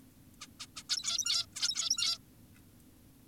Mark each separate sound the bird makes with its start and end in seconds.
0.41-0.47, 0.60-0.66, 0.76-0.83, 0.90-1.46, 1.56-2.18